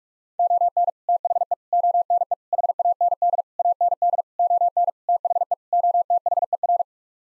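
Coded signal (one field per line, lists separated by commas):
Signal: Morse code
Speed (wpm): 44 wpm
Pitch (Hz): 700 Hz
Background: none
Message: ON THE ONE HAND AND ON THE OTHER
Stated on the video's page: Morse sent at 45 wpm as a head-copy drill of common English 8-word groups, each set sent, spoken, then sent again.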